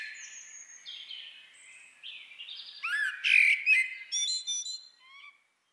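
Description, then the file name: Common blackbird calls: thin high whistled notes first, then loud harsh chattering bursts in a quick irregular series near the end. "Turdus merula"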